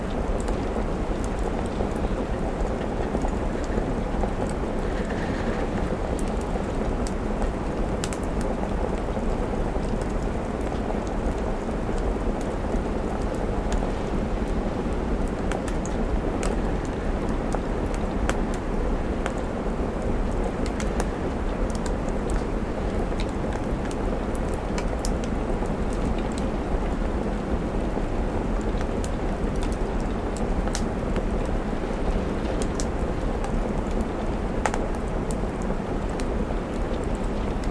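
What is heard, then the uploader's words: Steady rain against a window over a deep, constant rumble of wind, with sharp crackles and taps scattered throughout from a fire. Cosy Fireplace | Autumn Rain on Window. A cozy crackling fireplace and soft autumn rain and wind gently lashing the window.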